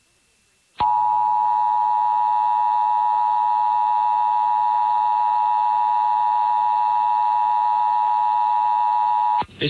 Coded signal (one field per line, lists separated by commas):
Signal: Emergency Alert System (SAME) tones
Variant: 853 and 960 Hz attention tone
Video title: EAS #903-904: 2 EAS Required Monthly Tests- Jan. 12, 2024- 2:20PM PST